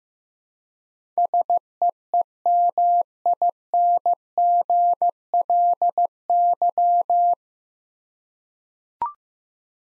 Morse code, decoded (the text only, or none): SEEMINGLY